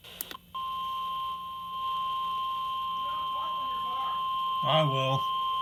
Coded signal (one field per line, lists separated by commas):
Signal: Emergency Alert System (SAME) tones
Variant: 1050 Hz attention tone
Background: speech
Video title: EAS Severe Thunderstorm Warning FM Radio EAS #53-56